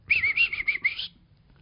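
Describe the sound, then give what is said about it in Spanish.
A person whistles in imitation of the whistled speech of the Mazahua people: a quick run of about five warbling, high-pitched notes joined together for roughly a second, then silence, with no talking. “Esos pueblos aprendieron a hablar con silbidos.”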